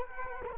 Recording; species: mosquito wingbeat signal from an infrared sensor; Culex quinquefasciatus